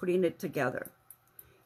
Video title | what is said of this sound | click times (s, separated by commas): Daisy Chain Petal Wreath | And then what you're going to do is you're going to kind of click until you hear a click, | 1.1 s, 1.4 s